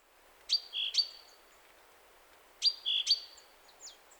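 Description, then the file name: Great tit calls: a sharp high note, a brief lower note and another sharp high note, the phrase repeated about two seconds later. "Parus major"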